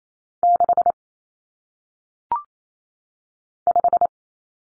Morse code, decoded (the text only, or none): 6 5